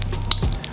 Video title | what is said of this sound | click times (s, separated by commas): Unboxing NEW REAL Silver Iced Out 19MM Cuban Link And Review + $500 GIVEAWAY! - Astroice Jewelry | locks in and man right there | 0.3 s